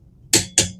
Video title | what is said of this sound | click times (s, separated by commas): Rotating My Fisker Ocean One Tires at 11,000 Miles: Detailed Look Inside | that was one click | 0.3 s